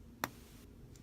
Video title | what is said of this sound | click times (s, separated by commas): Creating Corn | did you hear that click then | 0.2 s